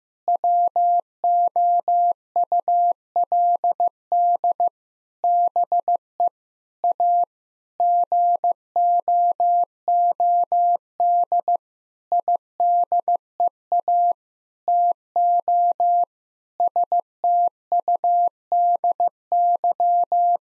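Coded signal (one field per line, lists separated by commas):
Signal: Morse code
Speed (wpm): 15 wpm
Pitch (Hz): 700 Hz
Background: none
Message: WOULD BE A GOOD IDEA TO STUDY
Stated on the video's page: Morse practice at 15 wpm: sentences containing common seven-word phrases for head-copy, each sentence sent twice.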